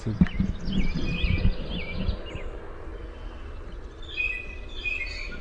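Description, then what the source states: Blue jay pumphandle calls, a short run of squeaky, down-slurred notes in quick succession, then fainter similar notes later, over low rumbling background noise. Pumphandle call type.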